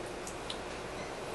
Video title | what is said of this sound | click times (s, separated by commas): How to replace the lock door actuator on a Honda CRV | snaps right in now we're going to | 0.5 s